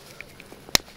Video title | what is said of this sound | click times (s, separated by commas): Drip Tape or Drip Tubing? WHICH IS BETTER? | that fitting into place you'll hear it pop that's how you know it's in there good and we're good to go | 0.8 s